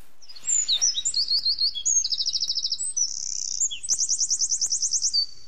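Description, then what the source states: Eurasian wren singing a loud, very high song of tinkling notes broken by fast rattling trills, with the longest trill near the end. Tiny bird weighing 6–9 g; many males overwinter in Polish forests, often near streams, while others migrate south and west at night.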